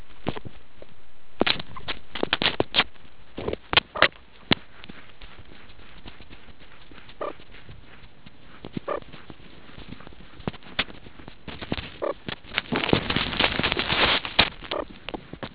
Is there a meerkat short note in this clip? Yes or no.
yes